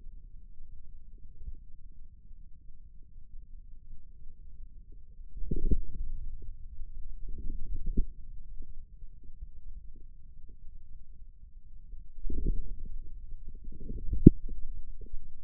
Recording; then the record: forearm muscle sounds (acoustic myography)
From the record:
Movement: inward rotation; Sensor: system 2, bracelet of six BSWA MPA416 microphones around the upper forearm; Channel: 1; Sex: male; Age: 22 years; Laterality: right